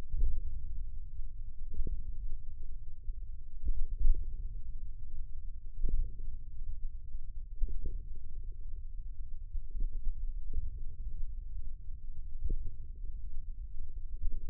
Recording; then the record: forearm muscle sounds (acoustic myography)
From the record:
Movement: hand opening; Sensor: system 1, eight BSWA MPA416 microphones around the upper forearm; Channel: 6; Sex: male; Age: 54 years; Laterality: right